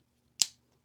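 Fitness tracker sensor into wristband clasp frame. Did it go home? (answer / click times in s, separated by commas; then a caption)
yes / 0.4 s. A Whoop 4.0 fitness tracker sensor is pressed down over the top of a plastic wristband clasp after the band's prongs are clipped on both sides. One sharp, bright snap sounds at 0.4 s, with a short decay, and the sensor is seated in the clasp frame.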